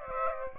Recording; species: mosquito wingbeat signal from an infrared sensor; Aedes aegypti